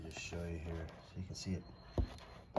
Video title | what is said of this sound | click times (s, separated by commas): PESUTEN Wall Sconces Set of 2 Battery Operated Wall Lights with Remote Unboxing and Review | that snapped in look at this piece here | 2.6 s